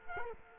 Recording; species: mosquito wingbeat signal from an infrared sensor; Culex quinquefasciatus